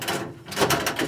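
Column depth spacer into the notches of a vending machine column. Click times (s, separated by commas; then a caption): 0.7 s. Spring-loaded tabs on the bottom of a front column depth spacer in a Royal drink vending machine are squeezed and the spacer is slid forward along the column to the next index notches. A scraping, sliding rustle gives way to a sharp click at 0.7 s as it locks into the notch, followed by a couple of lighter ticks. The spacer is seated and locked in place.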